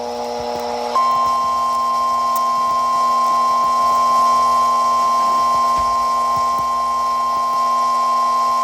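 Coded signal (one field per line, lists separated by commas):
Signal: Emergency Alert System (SAME) tones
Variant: 1050 Hz attention tone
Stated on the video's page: Tornado warning alert.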